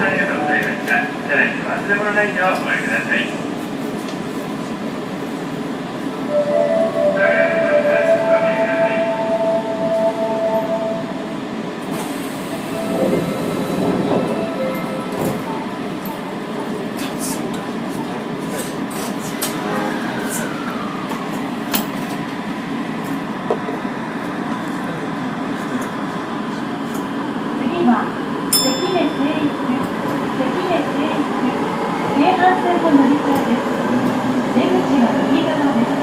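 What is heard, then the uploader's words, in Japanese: Onboard a subway train on an Osaka line, a dense, steady low rumble of wheels and motors fills the whole recording. A thin whine rises around six to ten seconds, with a hiss near twelve seconds and a sharp click near twenty-eight. Faint voices drift underneath. 大阪市営地下鉄時代の今里筋線の全区間走行音。Travel sound Osaka city municipal subway Imazatosuji line。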